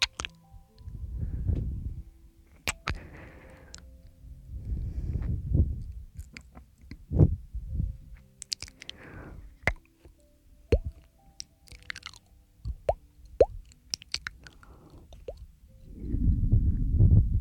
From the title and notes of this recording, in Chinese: 又是新鲜口腔声asmr。